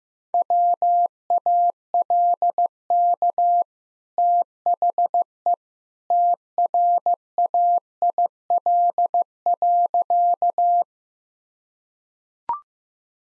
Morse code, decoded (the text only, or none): WALK THE TRAIL.